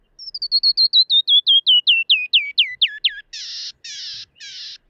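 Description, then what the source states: Canyon Wren song: a long cascade of clear whistled notes, gradually slowing as they drop steadily in pitch, ending with three harsh buzzy notes. Song played as an example of arpeggios in birdsong.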